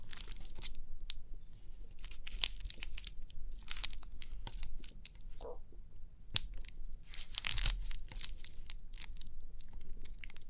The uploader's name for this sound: Crinkly Pimple Popping